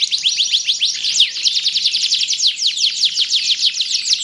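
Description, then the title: Canary song, a steady fast trill of high downslurred notes rolling on without a break. Belgian canary; warm-up song used to stimulate a canary to sing. "Canto Para Esquentar Canário Belga. SUARA BURUNG : Kenari"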